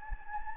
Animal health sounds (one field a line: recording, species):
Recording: mosquito wingbeat signal from an infrared sensor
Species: Anopheles gambiae